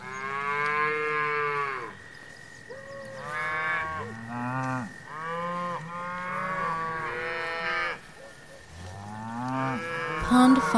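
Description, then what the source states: Herd of cows mooing almost continuously, overlapping drawn-out calls of different pitches, a faint steady hum behind. Cows grazing in pasture.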